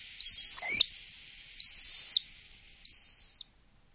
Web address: chant jean roche chevalier guignette